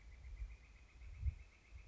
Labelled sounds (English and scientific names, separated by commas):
Northern Flicker (Colaptes auratus)